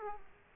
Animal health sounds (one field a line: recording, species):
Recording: mosquito wingbeat signal from an infrared sensor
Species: Aedes aegypti